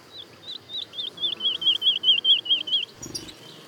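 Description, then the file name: Woodlark song: a steady series of warbling, wavy whistled notes that swell in loudness and then fade, ending with a brief soft rustle. Daytime song and duet, recorded at Le Puech, France. "alouette lulu chant de jour et duett Le Puech F"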